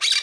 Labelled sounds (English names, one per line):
Brown-throated Parakeet contact call